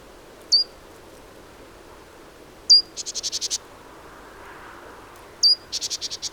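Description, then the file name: Great tit calls: a lone sharp high note, then twice a sharp high note followed by a buzzy, churring run of five to six rapid pulses, over a soft steady background hiss. "Parus major"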